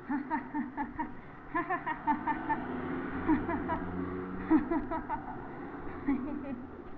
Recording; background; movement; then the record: laughter; traffic; sitting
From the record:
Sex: female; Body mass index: 22.6 kg/m2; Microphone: on the chest, facing the body